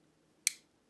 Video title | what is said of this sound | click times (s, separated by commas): DJI Osmo Action Camera Cage Showdown | close it listen to The Click | 0.5 s